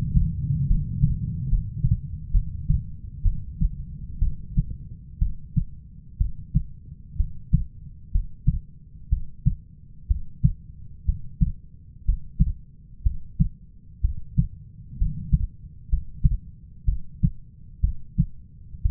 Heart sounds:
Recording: heart sounds by stethoscope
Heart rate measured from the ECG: 63 bpm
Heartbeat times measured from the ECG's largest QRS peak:
0.67 s: heartbeat
1.48 s: heartbeat
2.31 s: heartbeat
3.22 s: heartbeat
4.19 s: heartbeat
5.19 s: heartbeat
6.18 s: heartbeat
7.17 s: heartbeat
8.12 s: heartbeat
9.09 s: heartbeat
10.07 s: heartbeat
11.05 s: heartbeat
12.05 s: heartbeat
13.03 s: heartbeat
14.01 s: heartbeat
14.98 s: heartbeat
15.89 s: heartbeat
16.85 s: heartbeat
17.81 s: heartbeat
18.82 s: heartbeat
From the record:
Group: healthy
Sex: female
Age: 37 years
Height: 168 cm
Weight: 70 kg

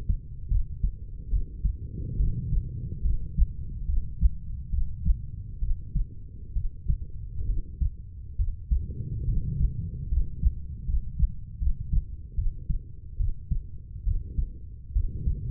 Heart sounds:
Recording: heart sounds by stethoscope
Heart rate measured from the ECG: 71 bpm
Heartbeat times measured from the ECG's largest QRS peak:
0.48 s: heartbeat
1.29 s: heartbeat
2.17 s: heartbeat
3.02 s: heartbeat
3.86 s: heartbeat
4.70 s: heartbeat
5.60 s: heartbeat
6.54 s: heartbeat
7.47 s: heartbeat
8.37 s: heartbeat
9.26 s: heartbeat
10.09 s: heartbeat
10.86 s: heartbeat
11.59 s: heartbeat
12.36 s: heartbeat
13.18 s: heartbeat
14.05 s: heartbeat
14.93 s: heartbeat
From the record:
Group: healthy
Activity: rest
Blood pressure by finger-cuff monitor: 134/49 mmHg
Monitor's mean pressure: 79 mmHg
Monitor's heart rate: 71 bpm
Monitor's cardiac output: 9.9 L/min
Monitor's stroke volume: 140 mL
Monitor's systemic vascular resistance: 560 dyn s/cm5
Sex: female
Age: 32 years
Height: 168 cm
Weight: 61.9 kg

